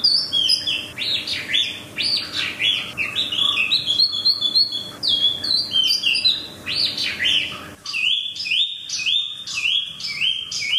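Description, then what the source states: Chinese hwamei song: energetic, rich whistling with fast-changing notes, shifting later into repeated rising whistled phrases. For training cage birds.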